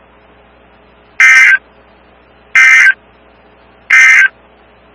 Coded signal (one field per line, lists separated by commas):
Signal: Emergency Alert System (SAME) tones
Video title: EAS 1733-1737 (4/30/22)